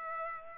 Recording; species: mosquito wingbeat signal from an infrared sensor; Culex pipiens